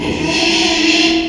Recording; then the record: squeal of a Yucatan mini pig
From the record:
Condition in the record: after surgery on the right vocal fold (resection and tissue-engineered implant); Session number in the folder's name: 2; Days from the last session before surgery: 13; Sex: male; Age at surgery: 12 weeks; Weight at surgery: 13 kg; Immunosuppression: cyclosporine, prednisolone